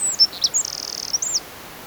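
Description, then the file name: Eurasian wren song: very high, thin notes and a fast trill of rapid repeated ticks lasting about half a second, ending with a sharp downward flourish. "Troglodytes troglodytes"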